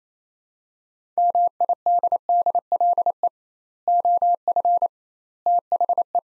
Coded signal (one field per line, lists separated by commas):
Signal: Morse code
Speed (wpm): 28 wpm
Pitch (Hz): 700 Hz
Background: none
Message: MIDDLE OF THE